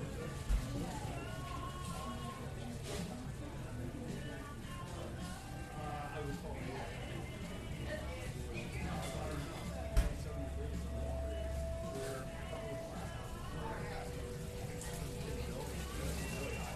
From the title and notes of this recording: This episode of the White Noise Podcast is A COFFEE SHOP.